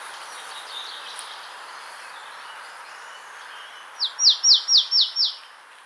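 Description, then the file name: Marsh tit, after a few quiet seconds of hiss and faint chirps, bursts into six bright, descending high notes in quick, even succession. "Poecile palustris"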